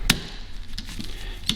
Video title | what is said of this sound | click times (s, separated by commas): How to Change Rear Wiper Blade - Dodge Grand Caravan (2008-2020) | by pushing the blade forward and we should get to a point where it will click get to the end and it should click in give | 0.1 s